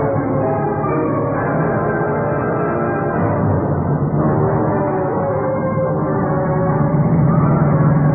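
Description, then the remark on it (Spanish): A car speeds through traffic, its engine a loud, unbroken roar with a low humming drone that holds steady for the whole stretch, with only a slight shift midway. “Va a una velocidad endemoniada. Ahí el tránsito me impide rebasarlo.”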